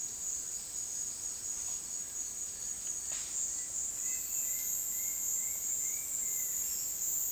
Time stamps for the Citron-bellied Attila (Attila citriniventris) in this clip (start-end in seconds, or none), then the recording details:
2.00-6.60. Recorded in dense forest near Puerto Asís, Putumayo, Colombia, on 21 February 2024 at 08:30. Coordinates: 0.466, -76.327. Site G6413